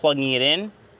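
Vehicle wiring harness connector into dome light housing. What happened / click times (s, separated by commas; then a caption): Handled, not yet seated: no click yet / none. Someone talks while the factory wiring harness connector of a 3rd Gen Tundra is being plugged into the new dome light unit's housing. The voice runs for about 0.7 seconds and then gives way to quiet. Nothing has clicked or seated yet.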